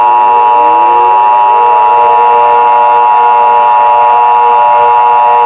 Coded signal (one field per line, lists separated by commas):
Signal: Emergency Alert System (SAME) tones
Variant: 853 and 960 Hz attention tone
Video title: EAS Scenario: The invasion of Kentucky (bluegrass state)